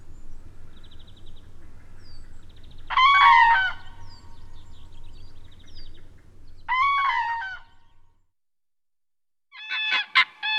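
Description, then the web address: Common crane call: harsh, resonant trumpeting bursts every few seconds, the last more broken and clipped, over a low hum that fades before the last burst. "Kurki. nauhalaisen aanimaailmat"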